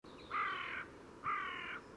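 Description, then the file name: Carrion crow giving two drawn-out, harsh, nasal caws about a second apart over quiet background. "Corvus corone"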